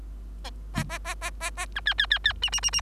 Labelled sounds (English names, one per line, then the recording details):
Bengalese Finch song
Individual Bird3